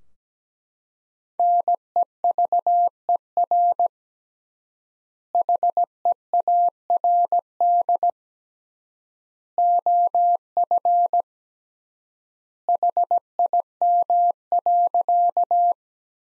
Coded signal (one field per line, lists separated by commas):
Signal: Morse code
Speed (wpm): 17 wpm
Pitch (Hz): 700 Hz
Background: none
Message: NEVER HEARD OF HIM.